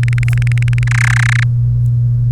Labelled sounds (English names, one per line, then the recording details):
Domestic Canary song
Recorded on 1 May 2018 at 15:28
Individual llb3